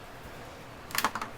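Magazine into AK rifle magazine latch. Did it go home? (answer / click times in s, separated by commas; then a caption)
no / none. An AK rifle magazine is handled at the magazine latch, its front lug engaged and the magazine being rocked back toward the rear latch. After a quiet stretch, a quick series of sharp metallic knocks and rattles is heard near the end. Nothing has seated or clicked yet.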